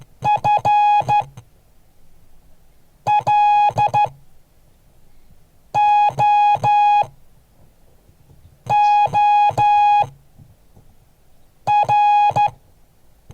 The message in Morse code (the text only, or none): FLOOR